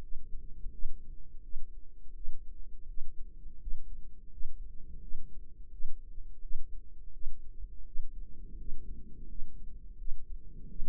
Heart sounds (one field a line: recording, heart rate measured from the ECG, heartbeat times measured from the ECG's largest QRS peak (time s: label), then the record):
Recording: heart sounds by microphone in the right ear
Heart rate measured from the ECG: 84 bpm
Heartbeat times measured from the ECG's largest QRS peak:
0.00 s: heartbeat
0.71 s: heartbeat
1.42 s: heartbeat
2.14 s: heartbeat
2.87 s: heartbeat
3.59 s: heartbeat
4.30 s: heartbeat
5.00 s: heartbeat
5.71 s: heartbeat
6.41 s: heartbeat
7.12 s: heartbeat
7.85 s: heartbeat
8.57 s: heartbeat
9.28 s: heartbeat
9.97 s: heartbeat
10.68 s: heartbeat
From the record:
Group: healthy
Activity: rest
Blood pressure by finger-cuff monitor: 121/70 mmHg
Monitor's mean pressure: 86 mmHg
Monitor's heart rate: 86 bpm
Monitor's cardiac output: 8.2 L/min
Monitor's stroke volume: 97 mL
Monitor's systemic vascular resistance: 770 dyn s/cm5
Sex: male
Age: 33 years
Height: 179 cm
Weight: 80.4 kg